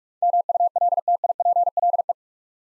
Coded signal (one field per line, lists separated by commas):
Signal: Morse code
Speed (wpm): 46 wpm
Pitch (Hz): 700 Hz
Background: none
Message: MULTIPLE